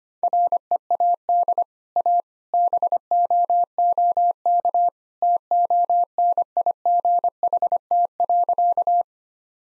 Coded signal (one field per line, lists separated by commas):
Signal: Morse code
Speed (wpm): 25 wpm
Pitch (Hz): 700 Hz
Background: none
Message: READ A BOOK TONIGHT.